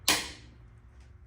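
A click-type torque wrench tightens a hub assembly bolt to 190 ft-lb on a 2007-2013 GM Chevy truck during a hub assembly wheel bearing change. One sharp, bright click sounds at 0.1 s and rings down over about a quarter second, followed by a faint high tick near 1.0 s over a low steady hum. The wrench clicks at its setting, confirming the bolt has reached the set torque.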